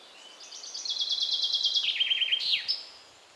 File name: Fringilla coelebs